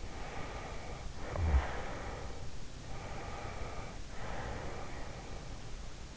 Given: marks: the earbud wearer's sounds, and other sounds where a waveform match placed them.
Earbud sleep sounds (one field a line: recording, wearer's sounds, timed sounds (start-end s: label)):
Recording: sounds in sleep by an in-ear microphone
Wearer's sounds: snoring breath, breath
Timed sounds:
0.00-2.59 s: snoring breath
2.90-5.67 s: breath